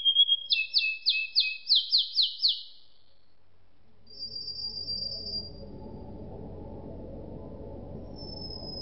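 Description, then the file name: Canary song: a quick series of bright trilled notes near the start, then a pause, faint high whistles and low background rumble. "suara kenari makige"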